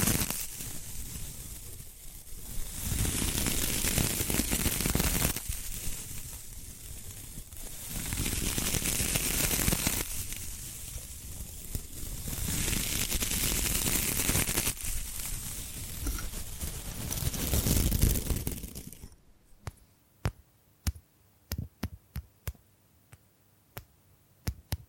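Bamboo being brushed and scratched in long, dense sweeps that rise and fall in waves every few seconds, hissy and full from low to bright. Around nineteen seconds the rubbing stops, giving way to sparse, sharp taps scattered over near silence.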